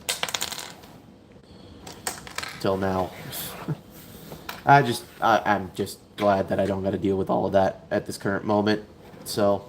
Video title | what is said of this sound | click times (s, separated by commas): Unbox And Chill - PREPARE FOR EXTERMINATION** Studio series 86 Scavenger and Mixmaster. | I already did rotate it. It just didn't want to click into place till now. | 0.1 s, 2.1 s